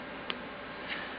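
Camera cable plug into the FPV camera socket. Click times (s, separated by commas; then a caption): 0.3 s. The cable plug of an FPV camera is pushed into the camera's socket during a quad build. A single sharp tick is heard at 0.3 s, with a fainter sound near 0.9 s, and the connector clicks in and is seated.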